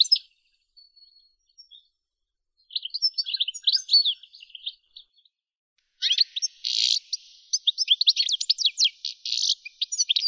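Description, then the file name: European goldfinch song: sparse thin notes, then a lively burst of twittering, and after a pause a long, dense stream of tinkling, buzzy phrases. "Golosa ptic - CSHegol Carduelis carduelis"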